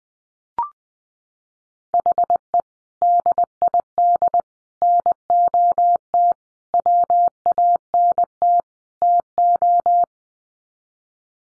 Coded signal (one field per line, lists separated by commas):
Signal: Morse code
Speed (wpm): 20 wpm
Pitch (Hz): 700 Hz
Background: none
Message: HE DID NOT WANT TO